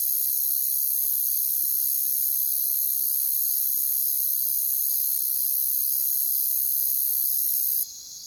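Crickets trilling continuously at a high pitch, the chorus thinning abruptly in the final moments.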